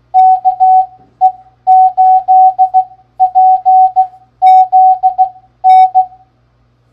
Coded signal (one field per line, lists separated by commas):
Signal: Morse code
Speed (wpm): 15 wpm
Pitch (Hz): 750 Hz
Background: none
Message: KE8PZN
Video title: Game Time! Morse Code Practice is now a game. Can you beat our scores? Don’t miss the loser’s prize!